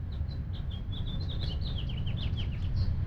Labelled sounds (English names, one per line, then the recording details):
House Finch song
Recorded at Lynbrook on Long Island, New York, on 17 June 1975
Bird F